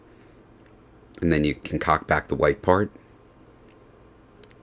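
Someone talks from about 1.2 to 2.9 s while the white plastic launcher slide in a G.I. Joe Whale toy hovercraft's launcher mechanism is pulled back against its spring. Two sharp clicks at 4.4 s and 4.5 s mark the slide locking into position, and it is seated.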